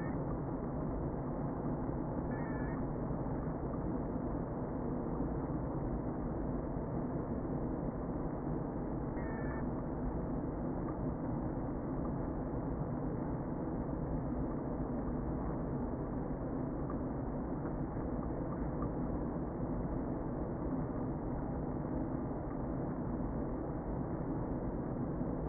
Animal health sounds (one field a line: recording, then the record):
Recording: honeybee colony, microphone inside the hive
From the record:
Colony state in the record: queen present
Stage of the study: before two queens were removed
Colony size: about 60,000 bees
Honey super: yes